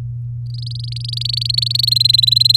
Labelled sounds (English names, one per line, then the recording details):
Domestic Canary song
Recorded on 7 May 2018 at 16:03
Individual llb16